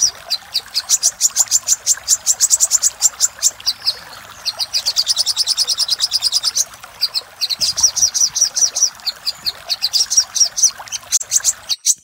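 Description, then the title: Little spiderhunter song with fast, repeated, piercing notes in several long trains, pausing briefly between them. Masteran recording made for training caged songbirds. "Masteran Burung Sogok Ontong Labaik"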